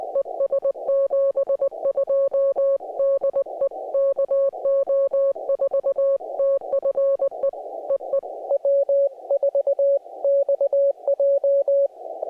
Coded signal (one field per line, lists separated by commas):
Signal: Morse code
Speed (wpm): 20 wpm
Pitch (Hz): 550 Hz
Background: music, radio noise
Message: ES 72 DE KO4TFE EE W4XJ